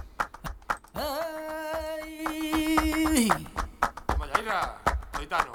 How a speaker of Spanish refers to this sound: Hoy va de palmas la cosa, hoy.